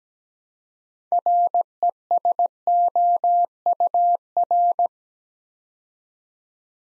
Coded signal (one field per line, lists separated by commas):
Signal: Morse code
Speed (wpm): 17 wpm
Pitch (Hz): 700 Hz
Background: none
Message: RESOUR